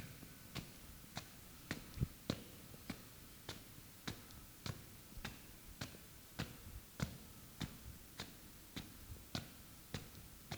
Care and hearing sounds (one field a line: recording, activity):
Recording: daily activity, guitar pickup as the sensor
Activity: walk